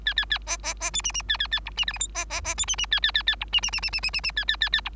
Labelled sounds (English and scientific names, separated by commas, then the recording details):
Bengalese Finch (Lonchura striata domestica) song
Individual Bird3